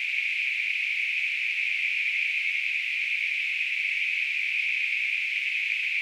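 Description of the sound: A simulated tinnitus sound: a steady, unbroken hiss of noise concentrated in a narrow band around 2 to 3 kHz, with nothing in the low frequencies, holding the same level throughout.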